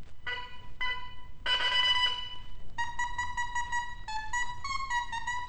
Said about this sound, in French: Voilà tout ce qu'on peut tirer d'une hanche seule.